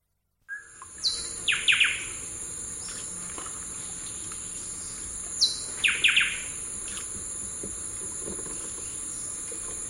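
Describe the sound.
Black-capped donacobius calling in two phrases, each a descending whistle then a cluster of sharp ringing notes, with steady shrill insect buzzing throughout.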